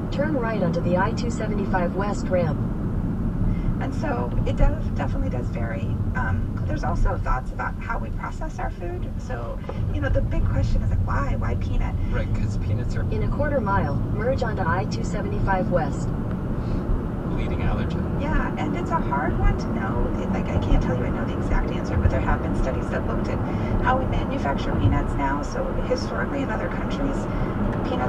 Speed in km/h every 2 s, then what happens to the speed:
53, 45, 37, 32, 27, 26, 34, 47, 53, 63, 71, 77, 81, 81.
0-10 slows to 26. 10-28 speeds up to 81.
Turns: 7-11.